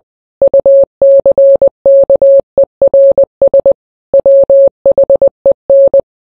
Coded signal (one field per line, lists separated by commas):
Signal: Morse code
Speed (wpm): 20 wpm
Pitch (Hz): 550 Hz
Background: none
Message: UCKERS WHEN